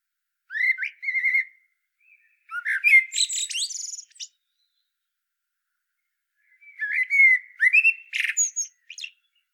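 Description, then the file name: Common blackbird song: a mellow whistled phrase with a high twittering ending, a long quiet pause, then a second warbled phrase and a shrill flourish. "Turdus merula"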